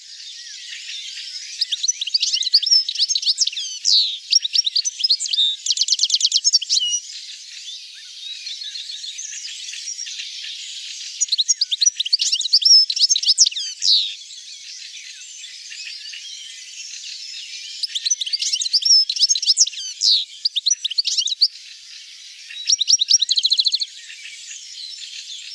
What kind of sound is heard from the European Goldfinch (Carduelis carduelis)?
song